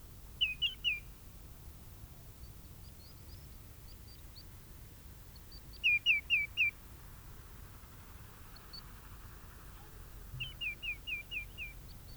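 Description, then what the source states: Bird calls: three bursts of quick, high, downslurred chirps in runs of three to six notes, spaced a few seconds apart, over steady low rumbling background noise. Migrating at dusk.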